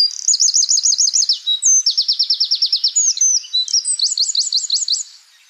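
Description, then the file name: Eurasian wren song: a loud, very high, rapid outpouring of sharp notes and fast rattling trills, running without pause for about five seconds. "Troglodytes troglodytes"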